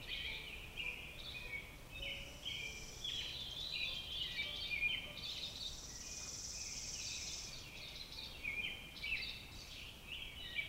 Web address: Sounds of Nature Robins